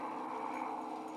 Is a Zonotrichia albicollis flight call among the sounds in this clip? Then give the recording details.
no. No flight call is heard. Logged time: 02:04 on 5 December 2014